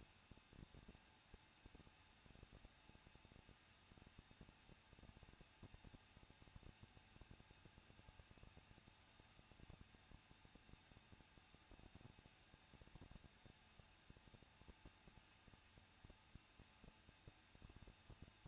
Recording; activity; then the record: daily activity, microphone in the room; no activity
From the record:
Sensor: 2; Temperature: 21.0 degrees Celsius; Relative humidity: 37.4%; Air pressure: 1006.2 hPa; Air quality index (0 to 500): 222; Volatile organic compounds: 24 ppm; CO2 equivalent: 2810 ppm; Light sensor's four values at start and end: 2/3/2/2 and 2/3/2/2